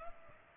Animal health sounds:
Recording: mosquito wingbeat signal from an infrared sensor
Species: Culex pipiens

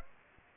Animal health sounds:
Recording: mosquito wingbeat signal from an infrared sensor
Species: Aedes aegypti

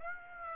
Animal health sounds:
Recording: mosquito wingbeat signal from an infrared sensor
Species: Aedes aegypti

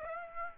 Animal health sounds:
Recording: mosquito wingbeat signal from an infrared sensor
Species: Aedes aegypti

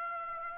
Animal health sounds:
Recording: mosquito wingbeat signal from an infrared sensor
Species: Aedes aegypti

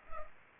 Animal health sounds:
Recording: mosquito wingbeat signal from an infrared sensor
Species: Culex pipiens

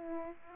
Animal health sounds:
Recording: mosquito wingbeat signal from an infrared sensor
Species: Aedes aegypti

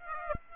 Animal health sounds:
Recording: mosquito wingbeat signal from an infrared sensor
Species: Aedes aegypti

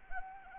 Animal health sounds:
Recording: mosquito wingbeat signal from an infrared sensor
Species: Anopheles arabiensis

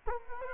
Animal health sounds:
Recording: mosquito wingbeat signal from an infrared sensor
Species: Culex quinquefasciatus

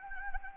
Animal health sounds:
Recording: mosquito wingbeat signal from an infrared sensor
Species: Anopheles gambiae

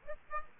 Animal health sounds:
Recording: mosquito wingbeat signal from an infrared sensor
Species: Aedes aegypti

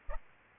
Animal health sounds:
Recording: mosquito wingbeat signal from an infrared sensor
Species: Aedes aegypti

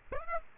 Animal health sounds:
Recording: mosquito wingbeat signal from an infrared sensor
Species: Aedes aegypti

